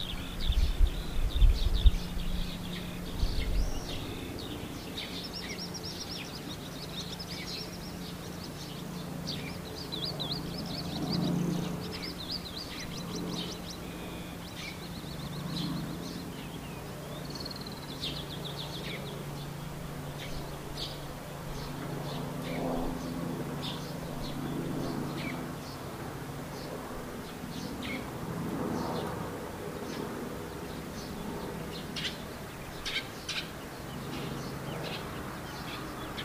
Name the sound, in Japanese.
トリ